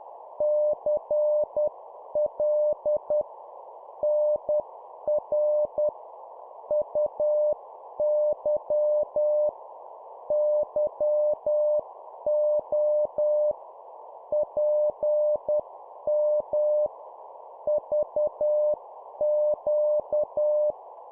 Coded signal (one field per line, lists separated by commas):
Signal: Morse code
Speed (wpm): 10 wpm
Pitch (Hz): 600 Hz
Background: none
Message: CL NR UY YO PM VQ